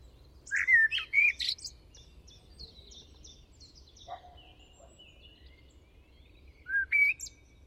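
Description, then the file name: Eurasian blackbird song: a fluted warbling phrase ending in a thin, high twitter, a quiet pause with faint bird notes, then another phrase begins. "Turdus merula"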